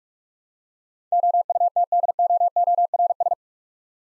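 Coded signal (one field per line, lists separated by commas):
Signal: Morse code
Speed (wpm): 45 wpm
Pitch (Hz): 700 Hz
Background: none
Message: OUTDOORS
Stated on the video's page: Computer-generated Morse head-copy drill of eight-letter words at 45 wpm, each word sent, then spoken, then sent again.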